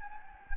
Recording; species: mosquito wingbeat signal from an infrared sensor; Anopheles gambiae